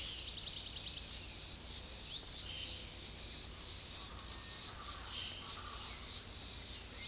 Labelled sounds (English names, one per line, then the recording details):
unidentified bird
Yellow-crowned Tyrannulet
Speckled Chachalaca
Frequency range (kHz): unidentified bird 2.0-9.2 kHz; Yellow-crowned Tyrannulet 2.0-2.9 kHz; Speckled Chachalaca 0.5-1.9 kHz
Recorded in secondary vegetation near Puerto Asís, Putumayo, Colombia, on 21 February 2024 at 07:00
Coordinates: 0.500, -76.326
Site G6428